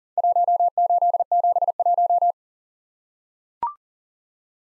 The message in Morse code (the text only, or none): 1871